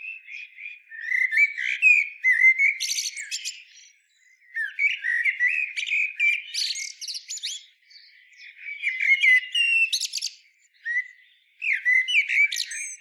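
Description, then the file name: Common blackbird song: fluted warbling phrases ending in high squeaky twitters, in several bursts separated by short pauses. "Turdus merula"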